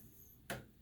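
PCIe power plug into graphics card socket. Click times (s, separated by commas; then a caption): 0.5 s. The last PCIe power plug is pressed into the socket of an Nvidia RTX 2080 Ti graphics card. After a quiet stretch, a single sharp, bright click sounds at 0.5 s and fades quickly. The plug latches and is seated in place.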